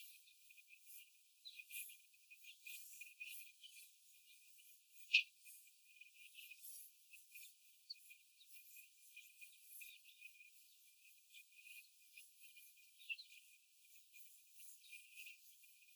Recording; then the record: young laying hens in a cage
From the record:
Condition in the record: after the stressor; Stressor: simulated dog barking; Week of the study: 4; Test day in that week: 1